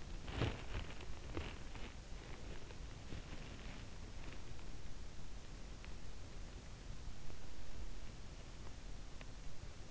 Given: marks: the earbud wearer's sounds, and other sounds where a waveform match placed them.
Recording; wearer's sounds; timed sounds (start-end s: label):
sounds in sleep by an in-ear microphone; body movement
0.00-1.07 s: body movement
1.33-4.45 s: body movement
6.33-9.52 s: body movement